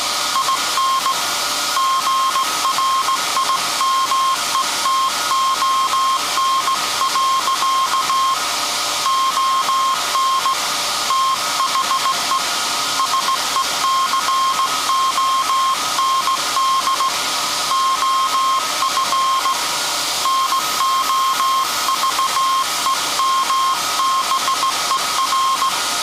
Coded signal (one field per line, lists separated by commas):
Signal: Morse code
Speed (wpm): 17 wpm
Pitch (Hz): 1070 Hz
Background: none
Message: IN GRIMETON. ON THE SECOND OF NOVEMBER